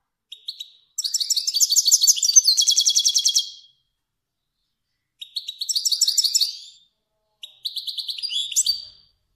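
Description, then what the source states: Finch singing three phrases of fast, buzzy, high-pitched trills, the first longest, separated by brief silences. Kermani finch.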